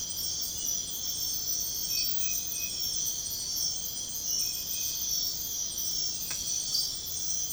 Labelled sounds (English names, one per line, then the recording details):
none
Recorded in pastures near Puerto Asís, Putumayo, Colombia, on 13 March 2025 at 05:00
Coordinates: 0.502, -76.324
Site GP07